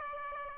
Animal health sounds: mosquito wingbeat signal from an infrared sensor; Aedes aegypti

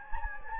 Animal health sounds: mosquito wingbeat signal from an infrared sensor; Anopheles gambiae

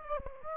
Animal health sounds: mosquito wingbeat signal from an infrared sensor; Aedes aegypti

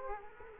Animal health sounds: mosquito wingbeat signal from an infrared sensor; Culex quinquefasciatus

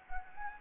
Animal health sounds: mosquito wingbeat signal from an infrared sensor; Anopheles gambiae

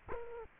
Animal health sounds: mosquito wingbeat signal from an infrared sensor; Culex quinquefasciatus

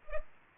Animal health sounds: mosquito wingbeat signal from an infrared sensor; Culex pipiens

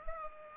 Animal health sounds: mosquito wingbeat signal from an infrared sensor; Culex pipiens

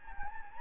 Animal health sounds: mosquito wingbeat signal from an infrared sensor; Anopheles gambiae

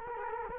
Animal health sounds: mosquito wingbeat signal from an infrared sensor; Culex quinquefasciatus

